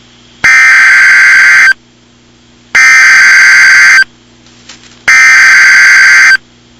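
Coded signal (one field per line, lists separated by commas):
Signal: Emergency Alert System (SAME) tones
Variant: header bursts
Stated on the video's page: Fictional mock EAS scenario, not a real alert.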